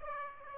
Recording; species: mosquito wingbeat signal from an infrared sensor; Aedes aegypti